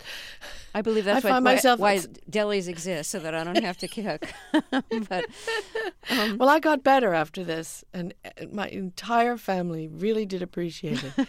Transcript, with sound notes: I believe that's why delis exist, so that I don't have to cook.
(Laughter) Well, I got better after this, and my entire family really did appreciate it.